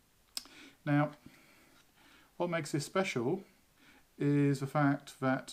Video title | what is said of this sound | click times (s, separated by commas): Godox AD200 - First Look | So I'm assuming that it's going to match up, which it does, and just clicks into place. | 0.4 s